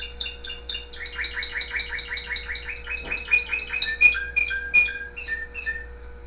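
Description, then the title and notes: Canary song of rapid rising chirps repeated in a steady run, moving into loud ringing whistled notes and trills; a faint steady hum underlies it. The owner's own canary, recorded singing with background music playing. "mi canario. musica de fondo"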